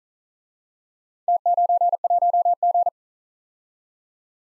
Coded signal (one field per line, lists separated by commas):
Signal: Morse code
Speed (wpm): 41 wpm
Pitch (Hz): 700 Hz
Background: none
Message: T91G